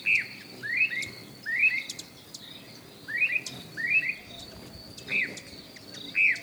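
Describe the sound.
Bird song: a clear whistled note repeated several times, with faint high ticking in the background.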